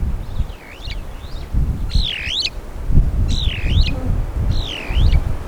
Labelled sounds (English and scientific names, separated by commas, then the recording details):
Superb Starling (Lamprotornis superbus) flight call
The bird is a male
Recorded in Kenya on 20 April 2009 at 16:30
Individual 38, of group DRT2